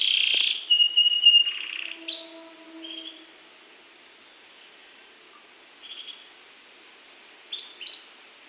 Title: kenari norwich